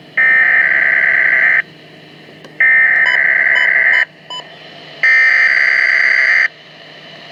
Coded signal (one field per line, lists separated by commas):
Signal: Emergency Alert System (SAME) tones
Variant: header bursts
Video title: Weatheradio Canada - Freezing Rain Warning (EAS #52-53) 09/11/2012